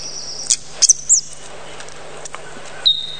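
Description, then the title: Bird chirps, a few short very high sharp notes scattered throughout with quiet gaps between them. Many different bird sounds. "Bird Sound Effects पक्षी लगता है"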